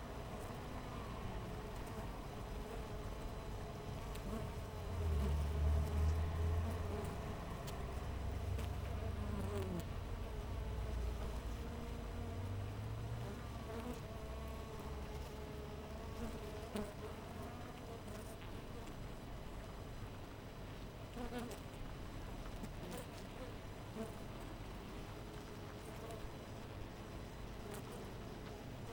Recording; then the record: honeybee colony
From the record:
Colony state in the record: missing queen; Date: 14 July 2017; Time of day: 5:45